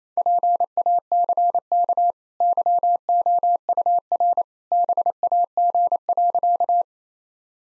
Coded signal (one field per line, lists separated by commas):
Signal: Morse code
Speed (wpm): 28 wpm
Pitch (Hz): 700 Hz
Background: none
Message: PACK YOUR BAG.